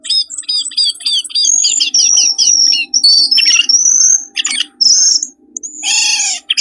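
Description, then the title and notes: Birds giving a fast series of high chirps and sliding whistles, running into harsher buzzy chatter near the end. Compilation of lure sounds meant to attract stubborn, wary birds that are hard to approach. "Suara Burung Bandel Yang Susah Mendekati. Kompilasi Suara Pikat Burung"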